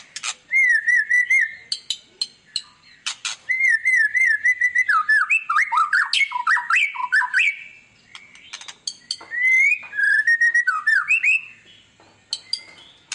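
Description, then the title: White-rumped shama song: dense, varied stream of warbled whistles, chatters and sharp clicks with few pauses. Lure recording meant to make other birds respond; described as a lively, frequently singing ('gacor') bird. "PANCINGAN MEWAH MURAI BATU GACOR, SEKALI DENGAR AMPUH LANGSUNG RESPON"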